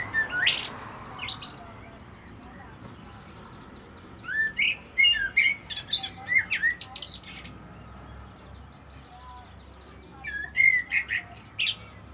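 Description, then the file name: Common blackbird singing three phrases, the middle one longest, mixing fluty notes with thin, high-pitched chattering flourishes. "Turdus merula"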